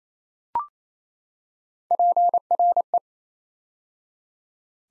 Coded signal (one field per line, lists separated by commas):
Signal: Morse code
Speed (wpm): 27 wpm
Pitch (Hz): 700 Hz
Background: none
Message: PRE